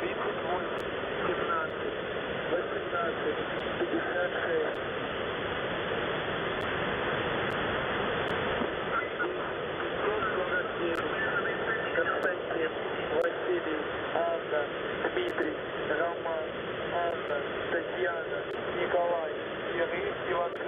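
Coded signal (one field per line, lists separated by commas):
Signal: coded military voice message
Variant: The Pip, Russian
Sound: faint voice reading words and numbers buried in heavy hissing shortwave static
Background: radio static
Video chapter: 00:00 - ЙВБ1 10549 КВАДРАТНЫЙ 3817 1856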